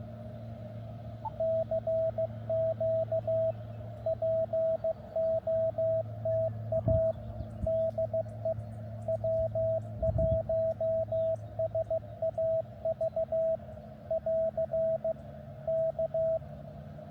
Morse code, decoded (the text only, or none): CQ POTA DE W1SAV <AR> K